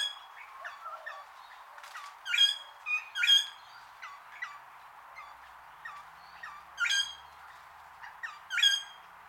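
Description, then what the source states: Wattlebird calls: harsh, harmonic squawks with downslurred notes, given in irregular pairs and singles throughout. A long call.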